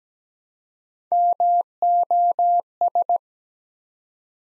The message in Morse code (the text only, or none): MOS